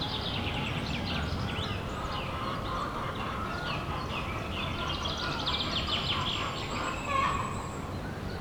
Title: 35 Chem. de Saint-Bernard, 31530 Bellegarde-Sainte-Marie, France - the henhouse of the abbey. abbaye sainte marie du désert le poulailler